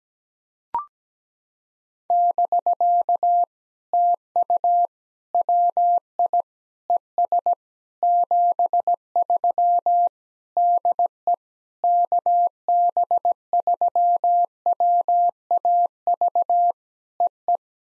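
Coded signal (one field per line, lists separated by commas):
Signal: Morse code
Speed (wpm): 17 wpm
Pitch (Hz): 700 Hz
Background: none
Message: <BK> TU WI ES 73 DE KB3WAV EE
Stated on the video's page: POTA exchange practice sent at 17 wpm, each exchange sent in Morse twice.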